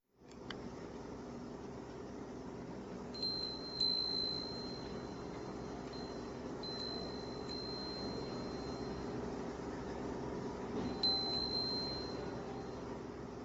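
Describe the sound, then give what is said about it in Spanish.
Japanese hurin wind chimes tinkle in a breeze: high, clear, lingering rings come in three loose clusters over a steady, soft background hiss, with no one speaking. “Es el tintineo de unas hurin o campanas de viento japonesas.”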